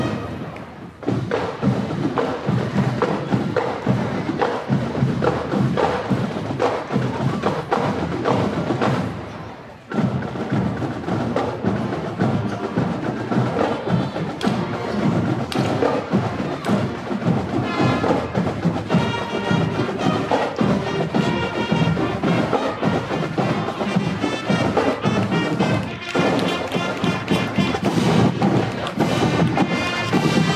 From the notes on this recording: the soundscape of the Memorial Day parade on College Ave in Downtown Appleton